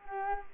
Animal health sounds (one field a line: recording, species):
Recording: mosquito wingbeat signal from an infrared sensor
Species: Culex quinquefasciatus